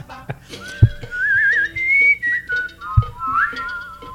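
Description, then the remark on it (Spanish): A person whistles a wavering, melodic tune in a high, clear tone, sliding and trilling between notes, with two dull thumps breaking in along the way. “Güey, ya que es una banda de chiflidos, güey.”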